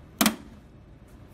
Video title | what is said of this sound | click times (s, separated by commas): Service: LuminIce II Installation K00450 | that has a little groove cut out for those tubes in it and it just snaps into place | 0.2 s